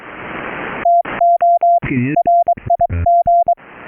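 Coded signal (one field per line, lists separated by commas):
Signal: Morse code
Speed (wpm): 23 wpm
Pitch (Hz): 690 Hz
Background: none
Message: TO RIG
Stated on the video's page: CW sent remotely via straight key and paddles into a Teensy USB MIDI board driving Recri software keyer, streamed over TCP to a Raspberry Pi rig interface.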